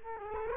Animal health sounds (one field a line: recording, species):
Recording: mosquito wingbeat signal from an infrared sensor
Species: Culex quinquefasciatus